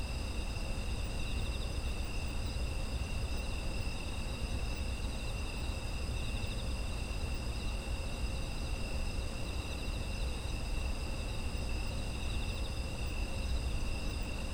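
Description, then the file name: Insects calling together: unbroken shrill trills at several pitches hold steady throughout, with a deep background hum underneath. Autumn insect ambience. "秋の虫の環境音"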